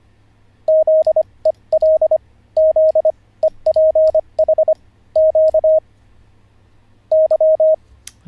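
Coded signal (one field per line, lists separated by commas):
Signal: Morse code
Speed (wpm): 25 wpm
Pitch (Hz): 630 Hz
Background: radio noise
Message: ZEL Z EPH Q Y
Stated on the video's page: Live Morse code learning session, day 44 of a lesson series.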